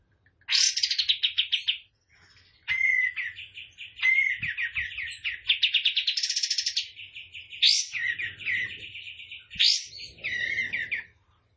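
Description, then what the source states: Tembakan bird song: varied, energetic trills and buzzy phrases, some sweeping up high, with short breaks between runs. Captive cage bird singing in the lively, chatty 'gacor' style; master song for training cage birds.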